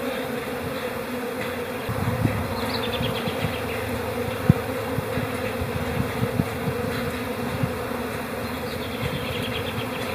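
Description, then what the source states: Honey bee hive hum, a steady droning buzz with layered low tones, soft thumps below, and faint high bird notes in the background. Honey bee hive chatter inside a hive in April, with a robin also singing.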